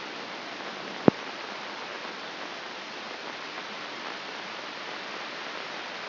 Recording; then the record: brain microelectrode recording played as sound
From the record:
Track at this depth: outside the subthalamic nucleus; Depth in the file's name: 4.821 mm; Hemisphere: left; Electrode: 2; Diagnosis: Parkinson's disease